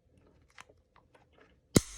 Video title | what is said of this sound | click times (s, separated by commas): IWI Jericho 941 F9 – Full Size Steel Frame Unboxing and Review | there it goes snaps right in and we should have a battery | 1.8 s